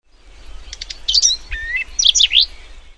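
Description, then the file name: Whinchat uttering a short burst of high, scratchy chirps and quick whistled notes in a brief, rapid phrase. Recorded on 9 June 2017. "whinchat 170609"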